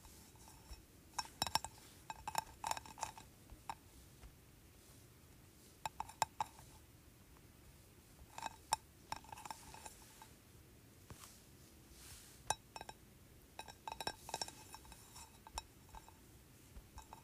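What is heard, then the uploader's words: Fingernails tap on a glass candle jar in quick, irregular bursts, each a bright, sharp click with a faint ringing tone. Clusters come every second or two with short pauses between. Quiet, with a soft, low hiss underneath. ASMR Tapping Candle.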